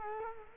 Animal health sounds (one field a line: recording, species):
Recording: mosquito wingbeat signal from an infrared sensor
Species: Culex quinquefasciatus